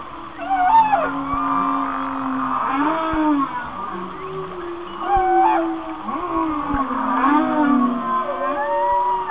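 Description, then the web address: Whale song: drawn-out low moans with gentle bends, broken by quick rising sweeps and brief higher squeals. "Whale Songs Whale Songs- Mike Mc Donald"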